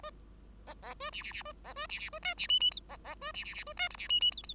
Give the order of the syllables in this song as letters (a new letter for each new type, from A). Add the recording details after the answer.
A A B C C C B A B C C B D C E E F A A B C C C B D G C E E F F. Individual Bird5